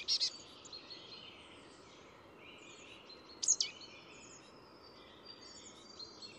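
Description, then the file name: Marsh tit calls: a sharp high double note at the start and another about three seconds later, with a steady background of twittering birds. "Poecile palustris"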